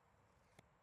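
A loaded bolt is pulled with two fingers out of the nock latch on a Ravin R470 crossbow. Against a low, steady background, one short, sharp click sounds at 0.6 s as the bolt comes free of the latch, and the bolt is released.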